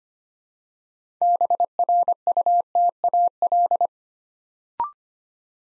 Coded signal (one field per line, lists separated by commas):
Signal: Morse code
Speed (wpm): 25 wpm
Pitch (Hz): 700 Hz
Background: none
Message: BRUTAL